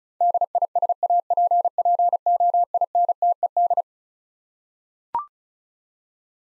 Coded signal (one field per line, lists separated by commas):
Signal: Morse code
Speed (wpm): 36 wpm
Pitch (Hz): 700 Hz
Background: none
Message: DISAPPOINTED